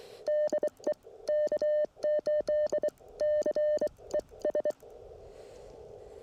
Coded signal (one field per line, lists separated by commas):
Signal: Morse code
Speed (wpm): 24 wpm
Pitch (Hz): 600 Hz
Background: none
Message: DE K8CES